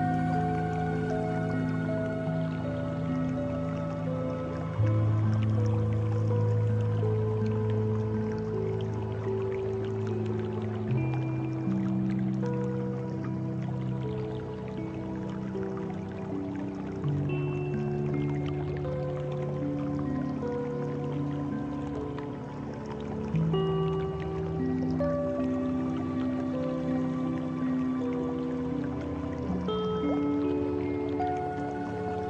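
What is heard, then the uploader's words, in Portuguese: Soft underwater sound of the deep sea, a steady murmuring wash with faint bubbling, beneath a gentle melody of long held notes. The chords shift slowly every few seconds, low and warm, with bell-like tones above; the level stays even throughout. Som do Fundo do Mar com Música Relaxante. Suave som das águas do fundo do mar juntamente com uma linda melodia.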